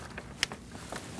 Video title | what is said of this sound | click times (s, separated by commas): How to Replace Thermostat with Housing Assembly 2008-2014 Mercedes-Benz C300 3.0L V6 | Make sure you hear that click. | 0.4 s